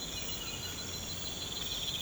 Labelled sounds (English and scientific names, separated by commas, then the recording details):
none
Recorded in pastures near Puerto Asís, Putumayo, Colombia, on 19 March 2025 at 05:00
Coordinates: 0.472, -76.329
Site G074